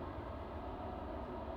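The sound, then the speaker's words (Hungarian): A train rumbles past at Parc du Viaduc in Ixelles, Belgium, in a steady, continuous low roar with a dense mechanical hum, holding an even loudness throughout, with no voices. “Megint jön egy vonat a ladán.”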